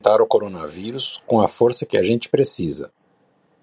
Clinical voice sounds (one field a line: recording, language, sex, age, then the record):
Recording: spoken sentence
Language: Brazilian Portuguese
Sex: male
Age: 50 to 59 years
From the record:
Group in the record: control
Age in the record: 54 years